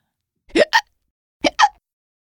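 Two hiccups, one after the other.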